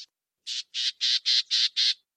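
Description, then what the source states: Black-tailed gnatcatcher giving a harsh, raspy scolding call, six hissing notes repeated about every quarter second after a short opening burst. Small bird; one of the common birds of the Sonora.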